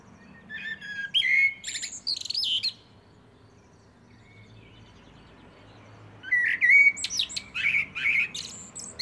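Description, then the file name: Common blackbird song, two separated phrases of clear whistled warbling, each finishing with high, strained twittery squeaks. "Turdus merula"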